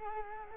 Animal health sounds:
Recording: mosquito wingbeat signal from an infrared sensor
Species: Culex quinquefasciatus

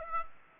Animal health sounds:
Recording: mosquito wingbeat signal from an infrared sensor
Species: Aedes aegypti

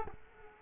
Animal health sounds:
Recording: mosquito wingbeat signal from an infrared sensor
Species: Culex quinquefasciatus

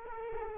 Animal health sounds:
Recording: mosquito wingbeat signal from an infrared sensor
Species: Culex quinquefasciatus

